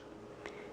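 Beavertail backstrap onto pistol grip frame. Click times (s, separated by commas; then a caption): 0.5 s. A polymer beavertail backstrap, hooked on at the bottom and slid up the pistol grip frame of a Glock 30 Gen4, snaps into place with a short, sharp click at 0.5 s over a quiet, steady background. The backstrap is seated.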